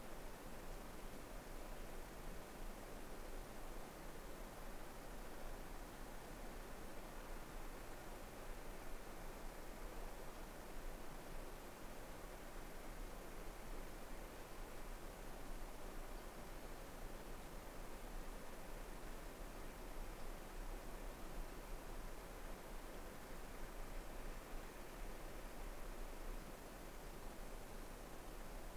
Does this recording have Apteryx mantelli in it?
no